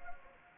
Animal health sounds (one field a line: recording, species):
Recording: mosquito wingbeat signal from an infrared sensor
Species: Anopheles gambiae